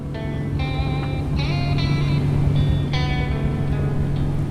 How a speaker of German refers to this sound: Am Ufer stäuben die Vögel auf, als das Boot vorbeidröhnt.